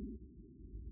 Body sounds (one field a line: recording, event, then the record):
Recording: neck accelerometer signal played as sound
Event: no cough (speech, laughter, throat clearing or background)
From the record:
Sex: male